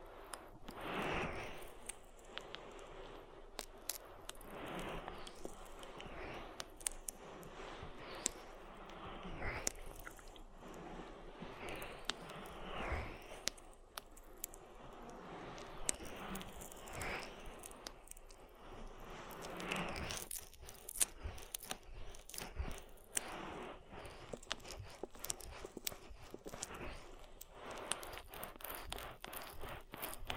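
Oil ear massage: constant soft squishing and rubbing, with dense crackles and sharp slippery clicks growing busier and brighter after about twenty seconds.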